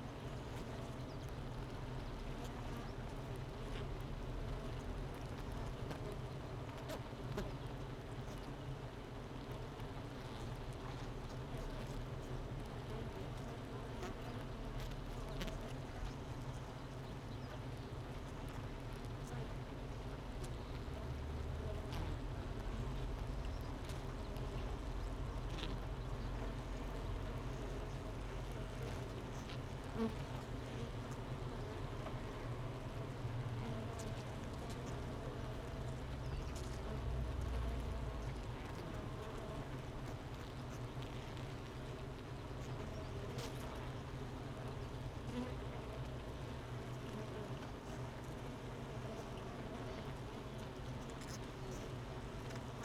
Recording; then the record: honeybee colony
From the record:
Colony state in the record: missing queen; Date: 31 May 2018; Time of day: 9:38